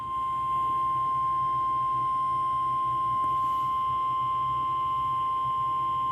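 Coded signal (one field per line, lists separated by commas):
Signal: Emergency Alert System (SAME) tones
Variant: 1050 Hz attention tone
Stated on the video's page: Tornado watch tones received off NOAA Weather Radio station KIH38; background shaking audible.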